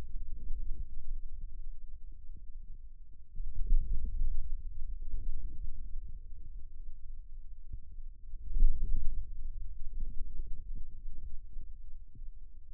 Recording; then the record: forearm muscle sounds (acoustic myography)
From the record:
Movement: inward rotation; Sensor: system 2, bracelet of six BSWA MPA416 microphones around the upper forearm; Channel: 1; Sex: male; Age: 22 years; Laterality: right